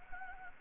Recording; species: mosquito wingbeat signal from an infrared sensor; Anopheles gambiae